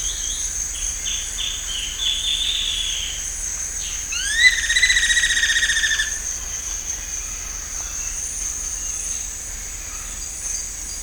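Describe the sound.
Bird calls: short stacked notes, then a rising whistle that holds level for over a second, set against constant high insect trilling.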